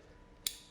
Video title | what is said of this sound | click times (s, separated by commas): ScheinTV: Episode 1: Maximising Outcomes with GIC's - Which GlassIonomer to use where? | and that one solid click ensures that all the liquid goes into the powder thank you Peter so we'll get that mixed up there | 0.5 s